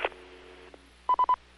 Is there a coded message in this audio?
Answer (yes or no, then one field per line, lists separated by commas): no